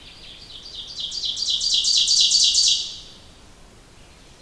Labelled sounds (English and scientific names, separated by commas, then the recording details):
Ovenbird (Seiurus aurocapilla) song
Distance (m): 5 m
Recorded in boreal forest in Alberta, Canada, on 28 May 2016 at 05:50
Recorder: SongMeter 3, array SBT-3-49
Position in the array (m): 41 m, 142 m
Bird 15